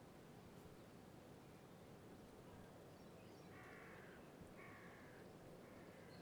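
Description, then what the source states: Crow cawing: three harsh, drawn-out caws in the second half, the last cut off at the end, over a steady low rumbling background noise. Country atmosphere recording.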